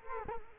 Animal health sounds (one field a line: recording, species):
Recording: mosquito wingbeat signal from an infrared sensor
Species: Culex quinquefasciatus